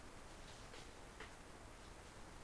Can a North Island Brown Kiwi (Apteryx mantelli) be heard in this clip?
no